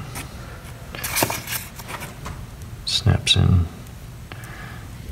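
A foam windscreen with a plastic snap ring is handled at the top of a Sennheiser lavalier microphone from an ENG wireless mic kit, with soft rustling and handling noises while someone talks. Nothing has seated or clicked yet.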